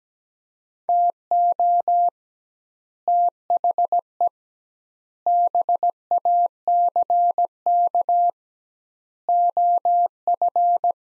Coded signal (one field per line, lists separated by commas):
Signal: Morse code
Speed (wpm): 17 wpm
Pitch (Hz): 700 Hz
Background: none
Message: TO THE BACK OF